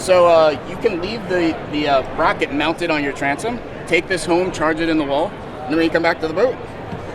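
Someone talks about lifting the integrated battery and motor unit off its mount on the transom of a Sea Eagle FishSUP1210 iCast, taking it home to charge and bringing it back to the boat. The mount stays on the transom, and the unit has not yet been set onto it or locked into place.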